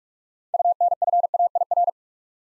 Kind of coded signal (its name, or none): Morse code